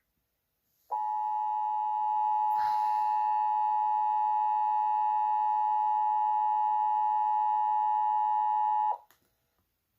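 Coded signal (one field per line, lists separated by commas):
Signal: Emergency Alert System (SAME) tones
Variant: 853 and 960 Hz attention tone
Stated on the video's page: Fictional EAS scenario, simulated alert.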